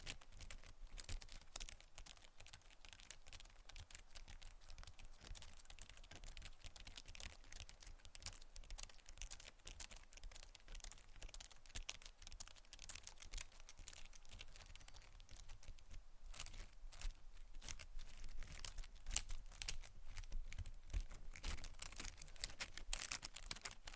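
Quick, dense tapping and scratching runs continuously, with crisp, bright clicks crowding together like fast typing. The pace stays busy throughout, growing a little louder and more intense after about fifteen seconds, with occasional crinkly scraping between taps.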